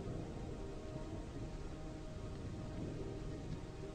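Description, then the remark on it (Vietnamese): Heavy night rain pours on a road in a steady, dense hiss with a low, continuous rumble of thunder underneath. The level stays even throughout and no voices are heard. “Mã Đạt bạo gan bước xuống xe, bước vài bước trong làn mưa đêm.”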